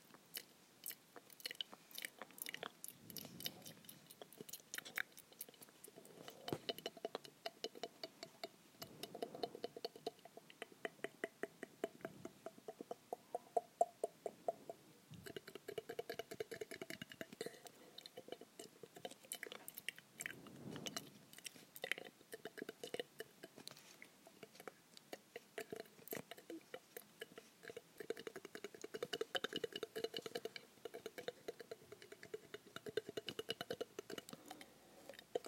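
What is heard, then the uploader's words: Mouth sounds made into a cup: rapid tongue clicks, wet smacking and chewing-like noms, and soft breathy whispers. Sharp clicks come in quick bursts throughout the 35 seconds, with hollow, slightly boxy resonance and occasional louder pops around the middle. Mouth sounds in a cup ASMR.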